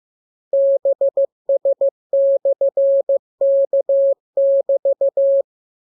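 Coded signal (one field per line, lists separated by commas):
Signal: Morse code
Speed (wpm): 15 wpm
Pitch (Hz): 550 Hz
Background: none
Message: BS/K<BT>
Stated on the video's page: Morse receiving lesson 31: practice radiogram opening with VVV and a section sign and ending with AR.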